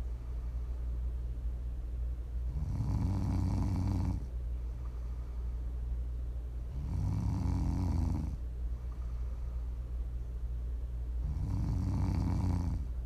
Prime ASMR snoring.